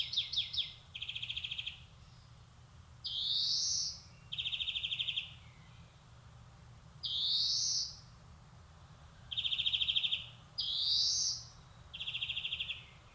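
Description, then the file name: European greenfinch song: fast trilled rattles alternating with long, buzzy, rising wheezes. "Chloris chloris"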